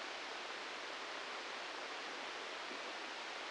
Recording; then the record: brain microelectrode recording played as sound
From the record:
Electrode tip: inside the subthalamic nucleus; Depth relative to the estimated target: 0 mm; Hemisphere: right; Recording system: NeuroSet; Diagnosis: Parkinson's disease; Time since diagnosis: 19 years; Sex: female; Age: 69 years